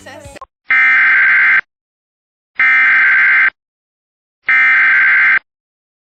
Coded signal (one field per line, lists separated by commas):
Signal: Emergency Alert System (SAME) tones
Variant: header bursts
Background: speech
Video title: EAS TORNADO WARNING For Tangipahoa Lusiana (October 16, 2025) During Animal Planet